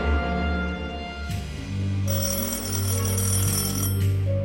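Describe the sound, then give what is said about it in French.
A telephone bell rings steadily over a low, sustained musical drone, its bright metallic trilling swelling in after a moment and continuing loudly to the end without any voices. “Ou plutôt, ah oui, il passe un coup de téléphone.”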